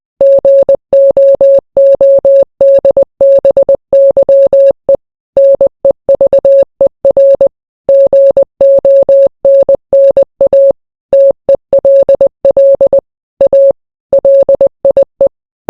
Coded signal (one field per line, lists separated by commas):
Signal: Morse code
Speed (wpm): 20 wpm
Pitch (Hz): 550 Hz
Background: none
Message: GOODBYE NEVER GONNA TELL A LIE